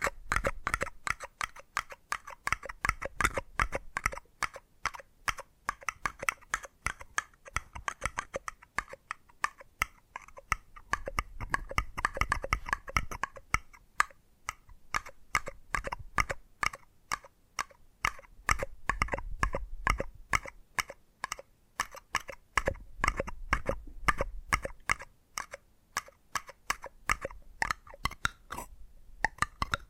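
Rapid tapping runs through the whole half minute, a dense stream of sharp, crisp clicks like fingernails or keys. The pace shifts between tight flurries and slightly sparser stretches, with a soft low rumble swelling underneath around the middle and again near twenty seconds.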